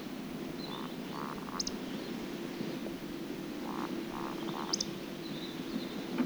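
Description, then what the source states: Eurasian Woodcock giving soft, low grunting croaks in short series, each series ending in a thin, piercing high squeak, against a steady hiss. Sweden.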